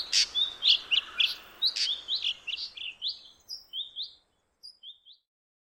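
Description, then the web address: Ashy drongo calls: a rapid series of short, bright, high notes, some sliding up or down, which slow and fade toward the end. "Ashy drongo. بوچانگای-خاکستری"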